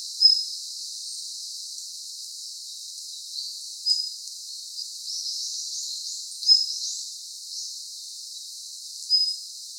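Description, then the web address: Red-flanked bluetail calls: short, thin, high whistles repeated irregularly every few seconds, with a few soft scratchy notes between them over a steady hiss. 24 November 2016. "birdenaga ruribitaki"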